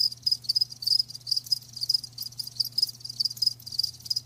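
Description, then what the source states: Cricket chirps in quick high bursts, a dense rhythmic trill of several callers with a faint steady low hum. Live crickets chirping, a lulling song.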